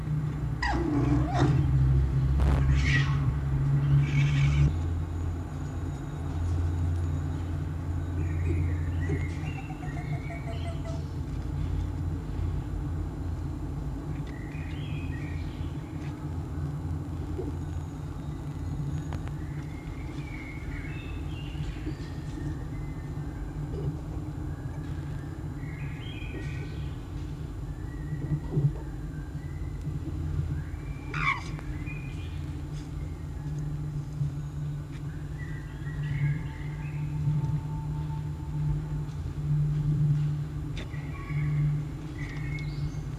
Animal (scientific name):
Vulpes vulpes